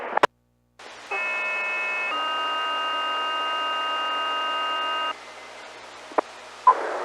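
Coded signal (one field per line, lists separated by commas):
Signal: two-tone page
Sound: one steady buzzy tone for a second, then a different steady tone for three seconds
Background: radio static, clicks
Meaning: Activates a fire department's pagers, here as the weekly test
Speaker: is your weekly pager tones for Saturday January 13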